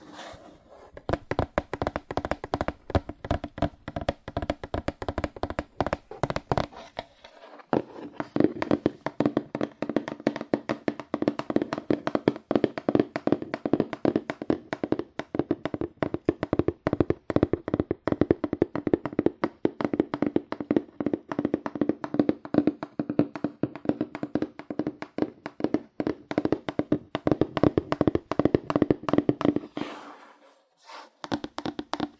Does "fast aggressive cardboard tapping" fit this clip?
yes